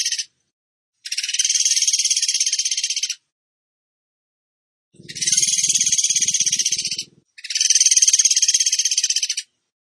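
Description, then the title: Bird giving rapid high trills in two-second bursts with silent pauses between, plus a low rumbling sound beneath one burst. Masteran (training recording) in tembakan gacor style. "Masteran Burung Tembakan Gacor"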